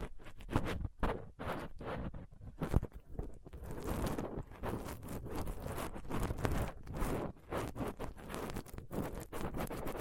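A dental pick, tweezers and a cotton swab scrape and tap roughly against a microphone. Dense, irregular clicks and scratchy rubs run the full length, heavy and thumpy down low with sharp ticking on top, and a few louder knocks land around the three-second mark.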